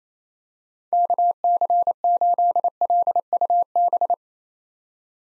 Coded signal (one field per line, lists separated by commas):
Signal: Morse code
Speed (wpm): 28 wpm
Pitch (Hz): 700 Hz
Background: none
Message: KC8LUB